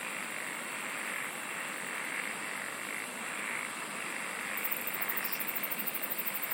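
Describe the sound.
Insects singing: a sustained high whine throughout, joined late by a rapid rhythmic pulse train of high chirps continuing to the end, over broad hiss.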